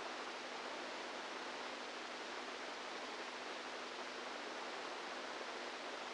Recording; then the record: brain microelectrode recording played as sound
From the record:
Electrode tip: inside the subthalamic nucleus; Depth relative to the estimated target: -4 mm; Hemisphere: right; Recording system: NeuroSet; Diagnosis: Parkinson's disease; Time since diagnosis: 10 years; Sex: female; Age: 67 years